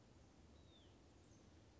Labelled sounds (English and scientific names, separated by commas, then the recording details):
Hutton's Vireo (Vireo huttoni)
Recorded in Sonoma County, California